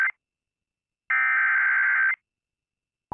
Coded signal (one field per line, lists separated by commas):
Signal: Emergency Alert System (SAME) tones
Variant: header bursts